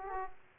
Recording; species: mosquito wingbeat signal from an infrared sensor; Aedes aegypti